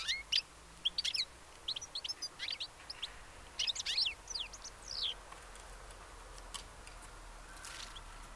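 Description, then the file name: European goldfinch twittering calls, quick bursts of bright, tinkling chirps and short slurred notes for about five seconds, then fading to faint background hiss. "Carduelis carduelis"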